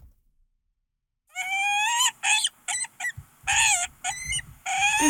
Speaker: You want to hear what a peregrine falcon sounds like?